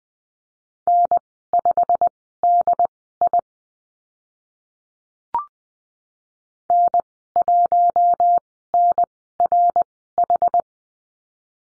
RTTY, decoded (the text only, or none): none